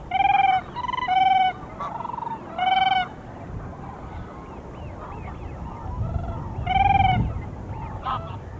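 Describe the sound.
Siberian crane giving a series of clear, musical, fluting calls, several in quick succession at first, then softer notes and a final loud call near the end.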